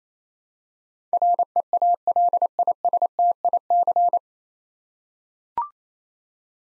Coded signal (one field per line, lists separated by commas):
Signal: Morse code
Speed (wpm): 28 wpm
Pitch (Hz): 700 Hz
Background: none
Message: REALISTIC